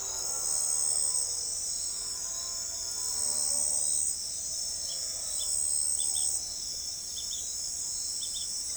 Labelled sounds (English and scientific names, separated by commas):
none